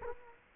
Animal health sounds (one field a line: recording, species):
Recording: mosquito wingbeat signal from an infrared sensor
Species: Culex quinquefasciatus